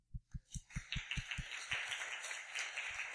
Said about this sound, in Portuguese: Olha, parabéns pela equipe de shows de ontem. Quero aplaudi-los.